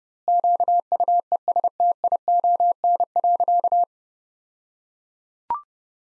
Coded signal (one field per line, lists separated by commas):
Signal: Morse code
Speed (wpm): 30 wpm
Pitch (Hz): 700 Hz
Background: none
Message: QUESTION.